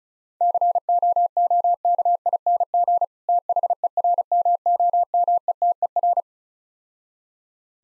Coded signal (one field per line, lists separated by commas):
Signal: Morse code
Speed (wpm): 35 wpm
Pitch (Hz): 700 Hz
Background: none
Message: COOKING THERMOMETER